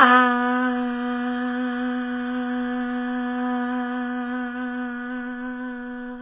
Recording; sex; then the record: sustained vowel /a/; female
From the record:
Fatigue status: no fatigue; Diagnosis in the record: COVID-19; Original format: 3gp